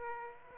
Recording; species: mosquito wingbeat signal from an infrared sensor; Aedes aegypti